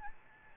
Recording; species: mosquito wingbeat signal from an infrared sensor; Aedes albopictus